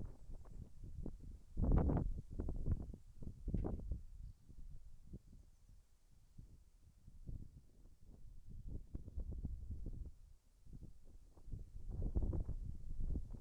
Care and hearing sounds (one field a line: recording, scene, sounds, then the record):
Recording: everyday scene through a hearing-aid microphone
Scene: wind on the microphone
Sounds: wind, whistling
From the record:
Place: in front of a rural house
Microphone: behind the ear, left, rear